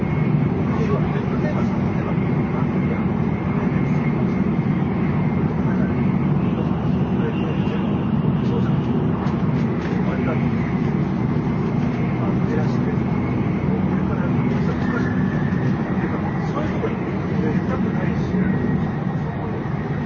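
An N700 series Shinkansen running between Kyoto and Shin-Yokohama: a steady, dense low rumble holds for the whole stretch, with a thin whine drifting up and down above it. Murmured voices sit underneath, and light ticks come mid-clip and again near fifteen seconds.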